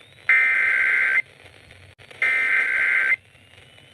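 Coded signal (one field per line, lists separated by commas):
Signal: Emergency Alert System (SAME) tones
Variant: header bursts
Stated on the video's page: Tornado Warning received on three stations: 102.7 FM, 640 AM and 950 AM.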